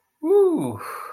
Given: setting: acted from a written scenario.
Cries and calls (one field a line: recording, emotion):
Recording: vocal sound without words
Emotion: relief